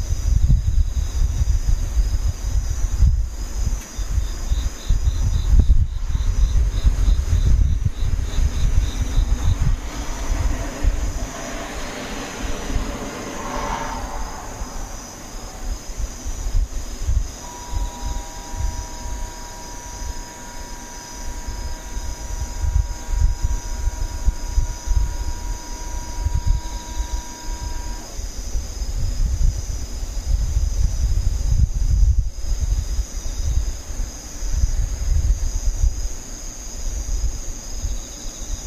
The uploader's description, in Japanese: ムシ